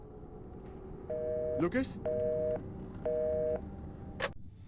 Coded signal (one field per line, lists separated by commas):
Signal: telephone call progress tone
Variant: North America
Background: speech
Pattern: busy tone